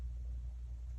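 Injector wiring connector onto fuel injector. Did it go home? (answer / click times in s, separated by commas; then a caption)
no / none. An electrical plug is being pushed onto a fuel injector on a C5 Corvette engine, metal tab facing outward. Only a steady low rumble is heard, and nothing has seated or clicked yet.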